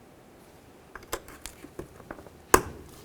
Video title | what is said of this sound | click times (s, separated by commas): How to Replace Mass Airflow Sensor 2010-2013 Ford Transit | there's our click lock it in | 2.5 s